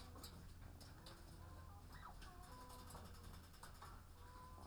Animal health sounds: poultry house recording; sick chickens (respiratory disease)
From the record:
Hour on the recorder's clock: 15

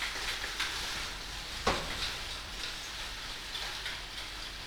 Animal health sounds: poultry house recording; no chicken sound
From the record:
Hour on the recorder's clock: 10

